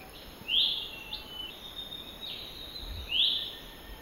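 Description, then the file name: Lesser green leafbird calls: two bright, rising whistled notes with softer thin tones between them, over a steady high hiss. "suara-panggilan-cucak-hijau-mini-di-alam-liar -omkicau"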